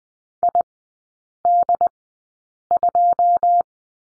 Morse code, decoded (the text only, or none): I D 2